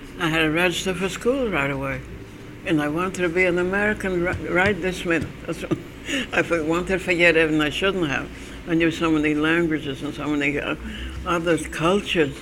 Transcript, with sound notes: I had to register for school right away and I wanted to be an American right this minute. (She laughs) I wanted to forget and I shouldn't have. I knew so many languages and so many other cultures.